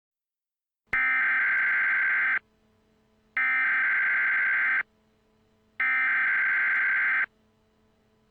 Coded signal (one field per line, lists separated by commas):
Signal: Emergency Alert System (SAME) tones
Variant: header bursts